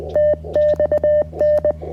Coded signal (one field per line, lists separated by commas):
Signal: Morse code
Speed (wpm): 20 wpm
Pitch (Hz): 600 Hz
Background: music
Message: TXN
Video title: QRP CW POTA Activation at Eisenhower State Park | CFT1 + KJ6ER Challenger OCF Dipole